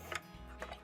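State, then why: Not seated. One end of a cable is handled at the control console of a GE washer, during a repair for a leaking hose, before it is pushed in to snap into place. Over soft background music, two short light ticks sound at about 0.2 and 0.6 seconds. The cable end has not snapped into place yet.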